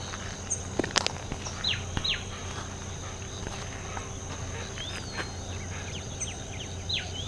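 Bird calls, sharp high downslurred whistles given singly and in pairs, with a few faint thin notes between them over a low hum.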